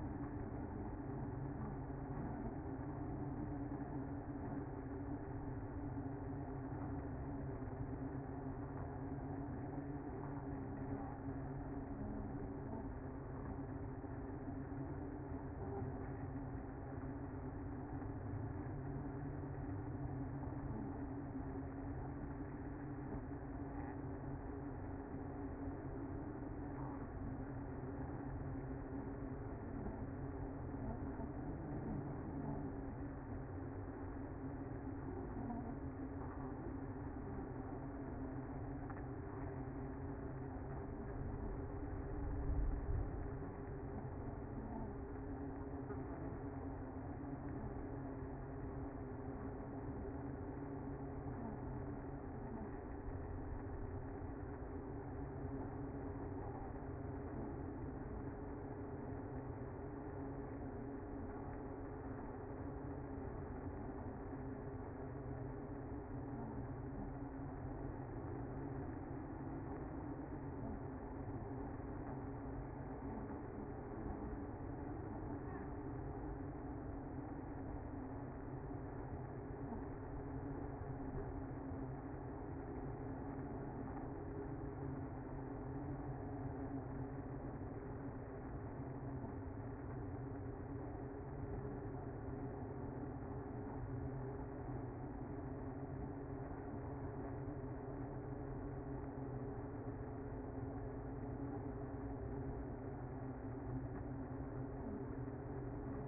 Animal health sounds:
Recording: honeybee colony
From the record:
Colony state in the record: active

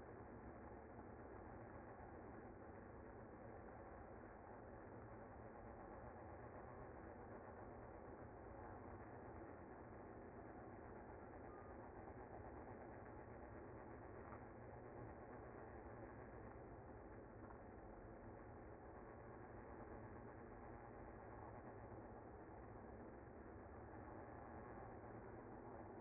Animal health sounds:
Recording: honeybee colony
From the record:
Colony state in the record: active

